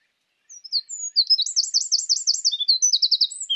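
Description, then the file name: Eurasian wren song: a few high notes, then a fast rattling trill and more twittering. "Troglodytes troglodytes"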